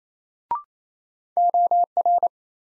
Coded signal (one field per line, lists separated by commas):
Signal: Morse code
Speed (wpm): 28 wpm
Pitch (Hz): 700 Hz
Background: none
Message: OR